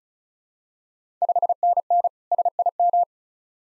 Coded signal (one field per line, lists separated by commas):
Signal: Morse code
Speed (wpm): 36 wpm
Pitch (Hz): 700 Hz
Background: none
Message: 5NN SIM